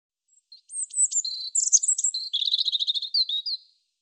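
European robin song, a bright phrase of thin high whistles followed by a rapid rattling trill and a final sweet note, about three seconds.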